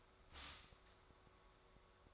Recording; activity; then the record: daily activity, microphone in the room; stop toaster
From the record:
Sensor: 3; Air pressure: 1014.7 hPa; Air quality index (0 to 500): 193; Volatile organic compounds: 22 ppm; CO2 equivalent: 2767 ppm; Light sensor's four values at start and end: 4/11/4/4 and 4/11/4/4